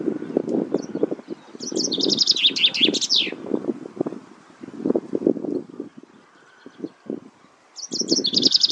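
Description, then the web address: Common chaffinch singing a rapid descending trill ending in a flourish, then starting a second phrase near the end, with a continuous low rumbling background. "Deverinetal 2025"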